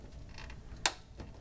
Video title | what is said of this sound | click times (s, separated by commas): Build a Custom Computer Part Three (Hackintosh 2012 Ep.7) | you you'll hear a click | 0.9 s